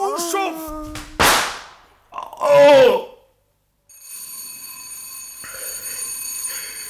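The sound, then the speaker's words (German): A sharp bang and a couple of voiced cries give way to a bell rung to summon a servant, ringing steadily for several seconds, its bright, high overtones holding at an even loudness. “Ja, Sie haben geläutet, Sir.”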